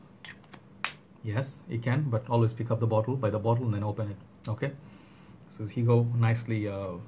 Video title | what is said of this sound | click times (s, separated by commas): Hugo Boss Bottled Intense EDP Review (2016) | is a sort of a nice click on it clicks on to place yes | 0.8 s